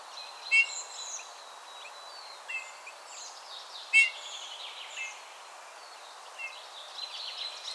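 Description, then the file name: Eurasian bullfinch: a few soft piping calls at irregular intervals, with thin high sounds from other birds. "Pyrrhula pyrrhula"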